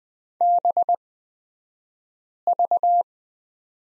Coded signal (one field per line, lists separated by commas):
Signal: Morse code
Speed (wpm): 20 wpm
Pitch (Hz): 700 Hz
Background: none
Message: BV